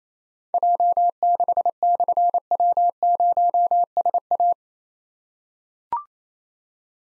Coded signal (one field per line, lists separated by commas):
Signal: Morse code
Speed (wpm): 28 wpm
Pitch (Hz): 700 Hz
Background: none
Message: J6/W0SA